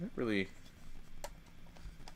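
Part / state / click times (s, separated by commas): plastic brick forehead section onto a brick-built helmet model / seated / 1.2 s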